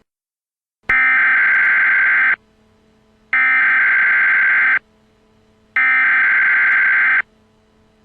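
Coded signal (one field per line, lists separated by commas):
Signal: Emergency Alert System (SAME) tones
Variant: header bursts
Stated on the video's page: Fictional EAS alerts: civil danger warnings for Scranton, PA and national, emergency action notification, emergency action termination and an administrative message.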